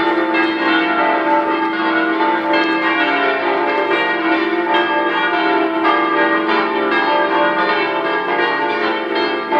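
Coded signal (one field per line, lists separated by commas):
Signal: bell signal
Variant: five swinging church bells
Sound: several large church bells swinging and ringing continuously in an overlapping, festive peal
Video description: concerto di cinque campane mezz' ora prima della messa 18:30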